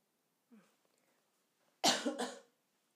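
A faint brief vocal sound comes first, then after a short silence an adult woman gives a single sharp, loud cough that breaks into two quick bursts. It is a harsh, dry cough brought on by her throat feeling dry and as if it were sticking together, heard in a quiet room.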